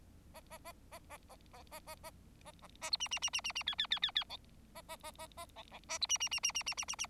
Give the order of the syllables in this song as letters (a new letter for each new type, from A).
A A A A A A A A A A A A A B C C C C C C D D D D D E A A A A A E E A B C C C C C C C C C